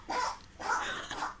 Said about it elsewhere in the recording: That's what you call a sneeze attack. He does sometimes just have these intense long sneeze. To be a rabbit with hay fever is just such a plague upon his life.